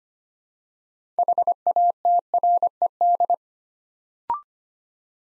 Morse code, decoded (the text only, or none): HATRED